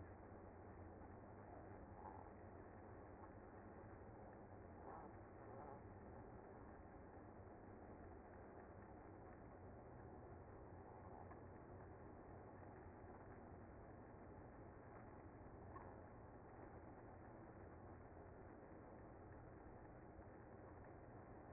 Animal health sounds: honeybee colony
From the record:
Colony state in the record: active

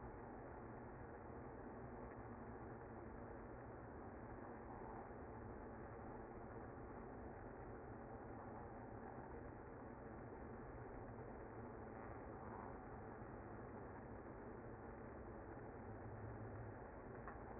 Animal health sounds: honeybee colony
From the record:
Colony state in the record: active

